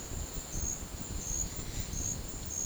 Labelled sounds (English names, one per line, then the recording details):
none
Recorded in dense forest near Puerto Asís, Putumayo, Colombia, on 4 March 2025 at 12:30
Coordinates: 0.500, -76.322
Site GP06